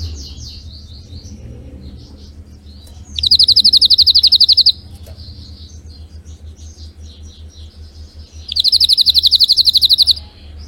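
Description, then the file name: Canary (Spanish Timbrado): canary trills in two fast bright bursts about five seconds apart, over a steady low hum and faint scattered chirping. Domestic canary singing, described as Belgian Spanish Timbrado. "canto do canario belga timbrado espanhol"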